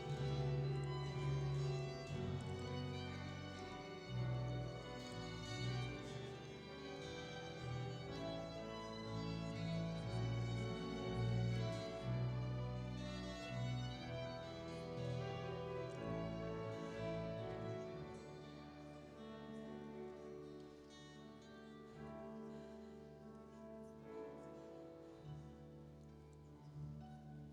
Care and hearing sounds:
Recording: everyday scene through a hearing-aid microphone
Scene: reverberant space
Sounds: music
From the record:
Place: church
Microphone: in the ear canal, right

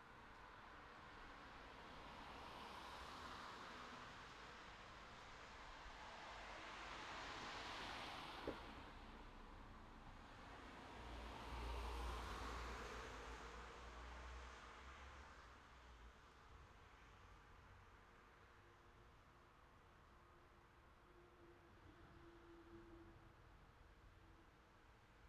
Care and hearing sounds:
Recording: everyday scene through a hearing-aid microphone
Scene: in traffic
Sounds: traffic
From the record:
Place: city secondary road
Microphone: in the ear canal, left

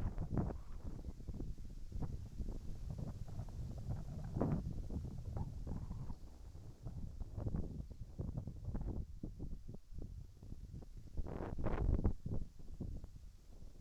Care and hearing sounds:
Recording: everyday scene through a hearing-aid microphone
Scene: wind on the microphone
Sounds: wind, whistling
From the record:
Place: in front of a rural house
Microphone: behind the ear, right, front

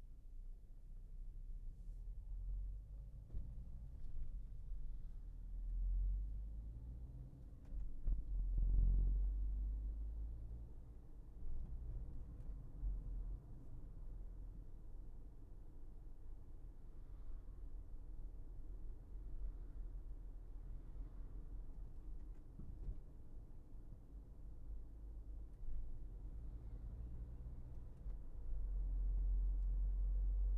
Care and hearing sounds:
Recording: everyday scene through a hearing-aid microphone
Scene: in a vehicle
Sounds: engine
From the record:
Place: Berlingo II, diesel engine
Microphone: behind the ear, left, front

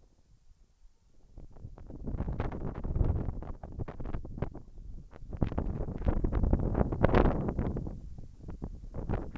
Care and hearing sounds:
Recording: everyday scene through a hearing-aid microphone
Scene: wind on the microphone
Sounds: wind, whistling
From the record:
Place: in front of a rural house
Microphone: behind the ear, left, front

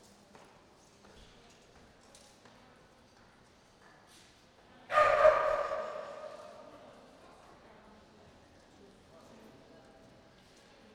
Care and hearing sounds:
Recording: everyday scene through a hearing-aid microphone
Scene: reverberant space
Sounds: barking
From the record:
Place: railway station hall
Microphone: in the ear canal, right

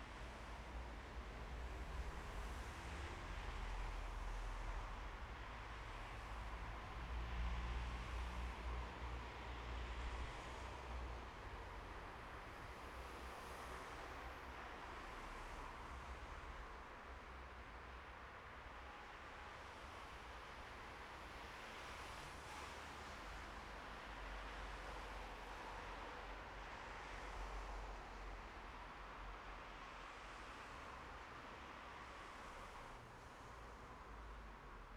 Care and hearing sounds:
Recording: everyday scene through a hearing-aid microphone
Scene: in traffic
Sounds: traffic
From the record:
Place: bus stop on a city main road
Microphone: behind the ear, right, front

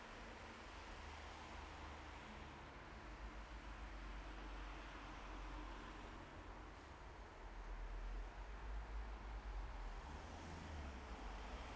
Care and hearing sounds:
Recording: everyday scene through a hearing-aid microphone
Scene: in traffic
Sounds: traffic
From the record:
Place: bus stop on a city main road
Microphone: behind the ear, left, front

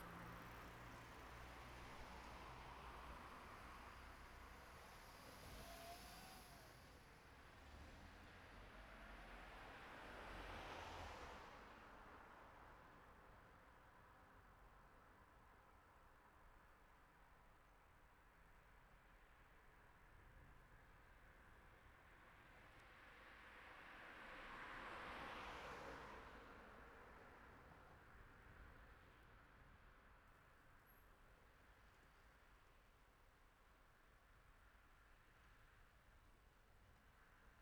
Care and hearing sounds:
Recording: everyday scene through a hearing-aid microphone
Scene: in traffic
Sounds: traffic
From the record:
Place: city secondary road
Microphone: behind the ear, right, rear

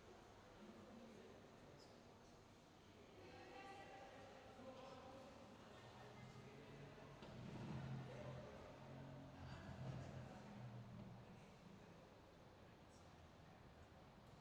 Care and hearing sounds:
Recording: everyday scene through a hearing-aid microphone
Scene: reverberant space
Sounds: background noise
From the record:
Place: railway station hall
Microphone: in the ear canal, left

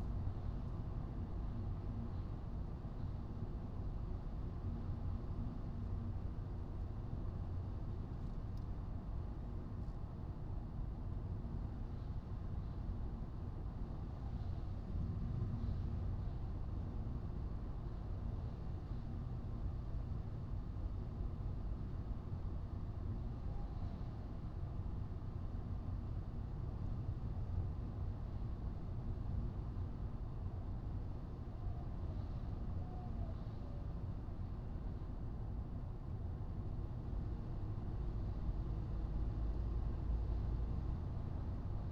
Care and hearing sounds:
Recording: everyday scene through a hearing-aid microphone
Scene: in a vehicle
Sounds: engine, highway driving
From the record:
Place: Skoda Fabia, gasoline engine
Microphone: in the ear canal, right

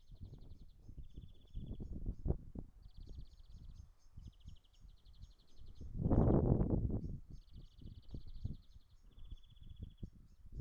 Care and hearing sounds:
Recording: everyday scene through a hearing-aid microphone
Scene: wind on the microphone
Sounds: wind, traffic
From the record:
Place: in front of a rural house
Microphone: behind the ear, right, front

